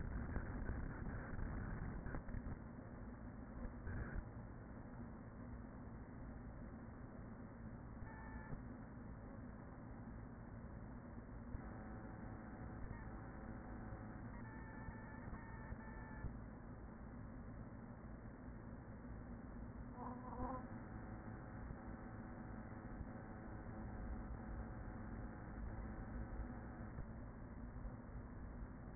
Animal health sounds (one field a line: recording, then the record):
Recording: honeybee colony, microphone inside the hive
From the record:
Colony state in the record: queen present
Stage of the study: after two queens were removed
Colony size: about 40,000 bees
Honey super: no